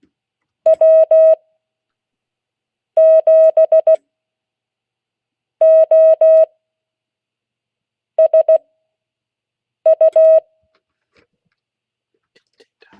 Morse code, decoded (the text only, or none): W7OSU